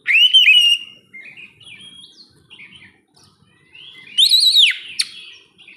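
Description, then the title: Oriental magpie-robin song opening with a loud rising-falling whistle, then soft twittering notes, another arched harmonic whistle and a sharp click. "kacer"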